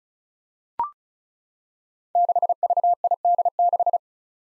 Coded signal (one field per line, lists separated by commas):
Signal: Morse code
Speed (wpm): 36 wpm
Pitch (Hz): 700 Hz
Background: none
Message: 6VID6